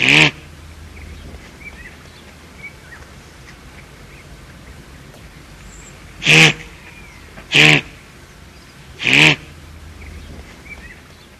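Guanaco giving four brief, buzzy bleats, one at the start, then, after a long quiet gap, three within a few seconds near the end.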